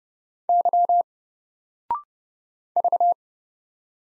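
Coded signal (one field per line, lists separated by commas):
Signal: Morse code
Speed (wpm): 30 wpm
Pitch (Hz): 700 Hz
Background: none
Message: Y V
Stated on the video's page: Morse code practice of single letters at 30 wpm; each is sent, spoken after a 0.6 second pause, then sent again.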